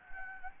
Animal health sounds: mosquito wingbeat signal from an infrared sensor; Anopheles gambiae

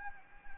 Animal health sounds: mosquito wingbeat signal from an infrared sensor; Anopheles gambiae

